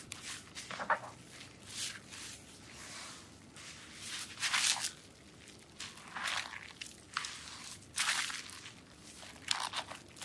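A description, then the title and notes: A soap massage: slick, squishy rubbing strokes with a bright, hissing crackle. They come in uneven pulses about every second or so, some louder and longer than others, over a soft, steady low murmur. ASMR soap massage with relaxing sounds.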